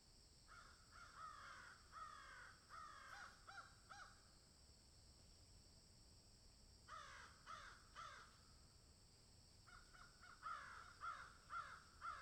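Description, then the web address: Crow giving harsh, rapid caws in three bursts separated by quiet pauses; a steady high hiss runs underneath throughout. "ворона"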